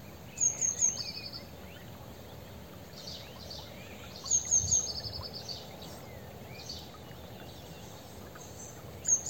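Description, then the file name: Eurasian blue tit calling: three thin, very high notes followed by a short buzzy trill, heard twice and starting a third time, over steady hissing background noise. "Cyanistes caeruleus"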